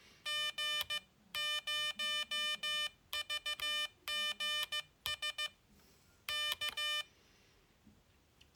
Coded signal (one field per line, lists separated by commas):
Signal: Morse code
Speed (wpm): 15 wpm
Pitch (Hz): 3000 Hz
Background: none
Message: G0VGS K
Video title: Building the 40m QCX